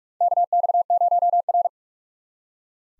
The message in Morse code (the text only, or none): KX0R